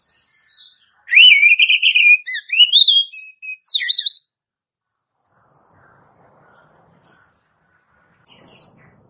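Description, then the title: Oriental magpie-robin song, a loud whistled phrase of warbled trills and upslurs, then quiet with a few faint high notes. "Kacer"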